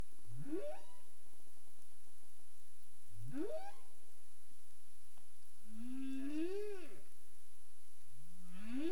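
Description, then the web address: Humpback whale calls: long upsweeping moans rising from low to mid pitch, with one arched, rising-then-falling harmonic unit between them, repeated every two to three seconds over steady underwater hiss. Caribbean; recorded 27 April 2035 at 22:47 UTC. "humpback whale 20350427 224731 UTC"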